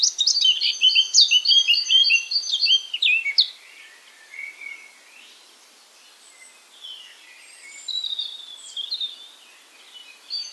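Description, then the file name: Eurasian blackcap song: a loud burst of rapid, tinkling high notes for about three seconds, followed by quieter, scattered warbling phrases. "Sylvia atricapilla"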